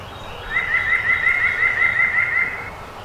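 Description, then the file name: White-breasted nuthatch song, a steady run of quick nasal notes on one pitch, evenly spaced over about two seconds. Songs recorded 2018-05-12. "2018-05-12 WBNU-12 Songs"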